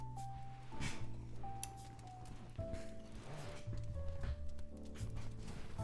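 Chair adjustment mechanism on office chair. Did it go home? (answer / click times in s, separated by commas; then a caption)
yes / 1.6 s. An office desk chair's adjustment mechanism is moved until it locks into place, with a sharp click at 1.6 s. Music plays in the background throughout, and the chair is left locked in position.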